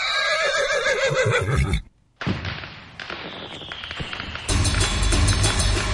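A horse gives a loud, wavering, high-pitched whinny that cuts off abruptly. After a brief silence come heavy thumps and a swelling, noisy rush of sound.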